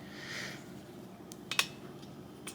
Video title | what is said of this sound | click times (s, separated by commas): Echo 2620T basic Maintenance WITH PART NUMBERS | when you feel that click, that means your threads are seated and you're not going to be cross-threaded. | 1.5 s, 1.6 s